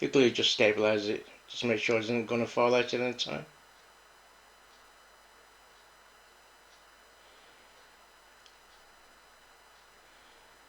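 The restored metal base of a 1969 diecast toy car is being handled against its body, with its tight rivet and glue applied to hold it. Someone talks for the first 3.5 seconds, then near-silence follows with only a faint brief tick at about 8.5 seconds. Nothing has seated or clicked into place yet.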